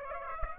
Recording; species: mosquito wingbeat signal from an infrared sensor; Aedes aegypti